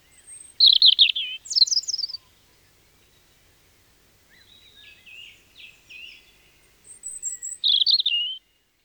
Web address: Robin